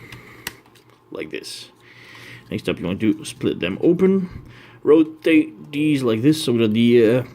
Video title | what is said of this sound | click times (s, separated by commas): Video Review for Power Bank Optimus Prime | this is gonna pull the leg and pull them until they click like this like | 0.5 s